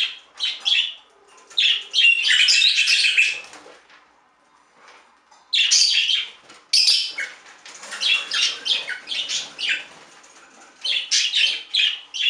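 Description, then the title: Budgerigar warbling in scratchy bursts of chirps and squawks, separated by short quiet gaps, busiest near the start and middle. "Budgie Sounds"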